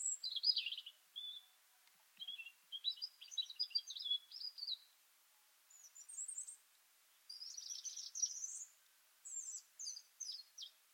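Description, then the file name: European robin song under soft background hiss: scattered high twittering phrases and thin whistles, fairly quiet throughout. "Erithacus rubecula"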